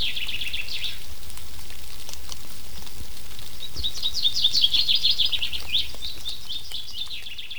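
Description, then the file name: Common chaffinch singing: the tail of one phrase, then a full trill with an ending flourish and the start of another, against rain patter. "Fringilla coelebs"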